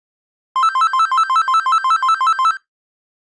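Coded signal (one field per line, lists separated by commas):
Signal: none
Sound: cordless phone ringtone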